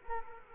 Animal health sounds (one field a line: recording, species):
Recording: mosquito wingbeat signal from an infrared sensor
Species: Culex quinquefasciatus